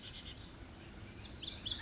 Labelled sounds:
Pacific Wren
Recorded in Sonoma County, California

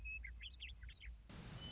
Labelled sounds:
Western Meadowlark
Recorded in Sonoma County, California

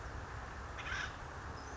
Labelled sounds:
Acorn Woodpecker
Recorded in Sonoma County, California

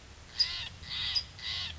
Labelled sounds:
Steller's Jay
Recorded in Sonoma County, California

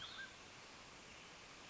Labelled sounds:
Mountain Quail
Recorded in Sonoma County, California

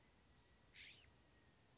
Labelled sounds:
California Scrub-Jay
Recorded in Sonoma County, California

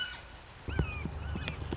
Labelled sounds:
Red-shouldered Hawk
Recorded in Sonoma County, California

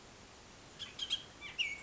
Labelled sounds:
Bullock's Oriole
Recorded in Sonoma County, California

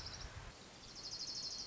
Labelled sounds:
Orange-crowned Warbler
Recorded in Sonoma County, California

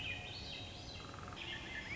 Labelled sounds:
Swainson's Thrush
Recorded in Sonoma County, California

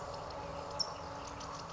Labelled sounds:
California Towhee
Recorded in Sonoma County, California

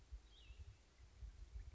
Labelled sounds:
Cassin's Vireo
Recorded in Sonoma County, California

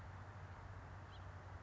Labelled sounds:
House Finch
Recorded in Sonoma County, California

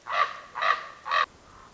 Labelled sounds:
Common Raven
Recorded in Sonoma County, California

